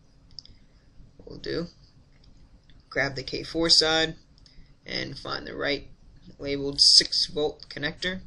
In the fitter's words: on the back of the connector that's to show they go together pops right in we'll